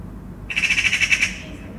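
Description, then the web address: Eurasian magpie chatter: a dry, harsh rattle of about ten rapid clacking notes lasting under a second. Recorded in Angyalföld, Budapest, Hungary. "szarka. kozbengalambismegszolal angyalfold"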